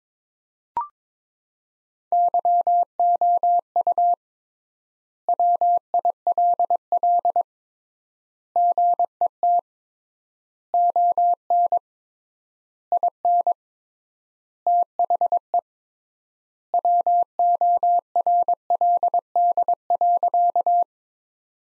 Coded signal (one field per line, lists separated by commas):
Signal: Morse code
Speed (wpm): 22 wpm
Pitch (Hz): 700 Hz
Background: none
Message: YOU WILL GET ON IN THE WORLD.